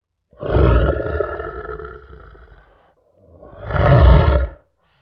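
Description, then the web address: Lion roaring: two deep, rough roars, the first long and slowly fading over about two and a half seconds, the second shorter and swelling after a brief pause. "Pezet Verneita. Lion"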